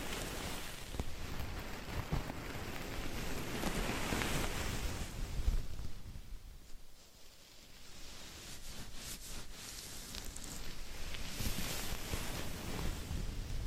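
Scratching and rubbing against a microphone make a thick, rushing hiss, almost like wind or surf, for the first six seconds. It thins to a softer lull around seven seconds, then returns with sharper scratchy strokes and a few light taps.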